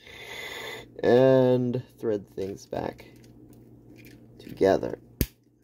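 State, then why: Seated. Someone talks while threading the internal parts of a Wii Remote motion game controller back into place, then presses one plastic shell half onto the other. A single sharp snap is heard at 5.2 s as the shell halves seat together.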